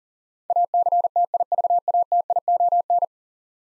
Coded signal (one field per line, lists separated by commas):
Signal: Morse code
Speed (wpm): 40 wpm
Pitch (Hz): 700 Hz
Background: none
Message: ACTIVATION